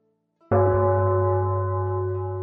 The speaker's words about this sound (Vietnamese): Một tiếng chuông cổ vang vọng phá tan suy tư,